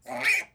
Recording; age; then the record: pig call; piglet (1 to 25 days)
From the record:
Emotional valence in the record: negative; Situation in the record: restrain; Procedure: back test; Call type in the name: high-frequency call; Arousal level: low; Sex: female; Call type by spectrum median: low-frequency call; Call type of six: high-frequency stable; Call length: 0.54 s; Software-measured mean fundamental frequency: 161 Hz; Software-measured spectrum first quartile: 1849 Hz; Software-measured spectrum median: 2302 Hz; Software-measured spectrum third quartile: 2757 Hz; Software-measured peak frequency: 2470 Hz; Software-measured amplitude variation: 181 dB a second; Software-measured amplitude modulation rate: 12.0 a second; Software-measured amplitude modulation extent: 15.2 dB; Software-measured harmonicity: 6.3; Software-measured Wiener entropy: -1.94